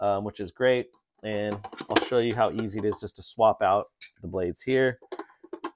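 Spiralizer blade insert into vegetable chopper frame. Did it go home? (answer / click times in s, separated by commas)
yes / 5.5 s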